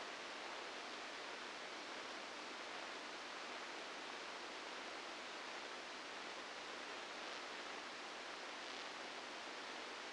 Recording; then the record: brain microelectrode recording played as sound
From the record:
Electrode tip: outside the subthalamic nucleus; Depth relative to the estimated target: 0 mm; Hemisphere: left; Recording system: NeuroSet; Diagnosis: Parkinson's disease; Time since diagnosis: 9 years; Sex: female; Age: 51 years